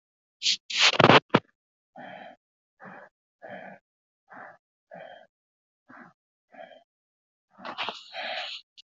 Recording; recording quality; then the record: shallow breathing; excellent, no background noise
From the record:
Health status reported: healthy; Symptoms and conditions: none ticked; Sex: male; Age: 50 years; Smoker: not ticked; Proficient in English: yes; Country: United States